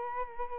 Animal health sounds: mosquito wingbeat signal from an infrared sensor; Culex quinquefasciatus

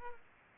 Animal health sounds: mosquito wingbeat signal from an infrared sensor; Aedes aegypti

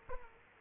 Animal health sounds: mosquito wingbeat signal from an infrared sensor; Aedes aegypti

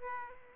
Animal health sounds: mosquito wingbeat signal from an infrared sensor; Aedes aegypti

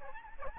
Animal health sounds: mosquito wingbeat signal from an infrared sensor; Aedes albopictus

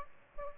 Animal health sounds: mosquito wingbeat signal from an infrared sensor; Aedes albopictus

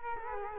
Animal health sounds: mosquito wingbeat signal from an infrared sensor; Culex quinquefasciatus

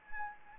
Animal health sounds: mosquito wingbeat signal from an infrared sensor; Anopheles gambiae

